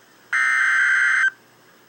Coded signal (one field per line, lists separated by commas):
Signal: Emergency Alert System (SAME) tones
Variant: header bursts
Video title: REAL EAS 823-Severe thunderstorm warning